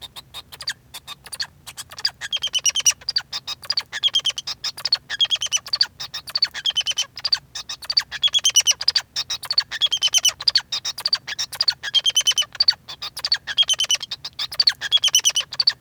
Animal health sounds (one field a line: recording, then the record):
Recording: song of a male Bengalese finch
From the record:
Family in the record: son of father 2